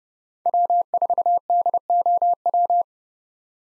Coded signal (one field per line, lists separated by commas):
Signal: Morse code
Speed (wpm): 30 wpm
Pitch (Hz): 700 Hz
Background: none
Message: W4DOW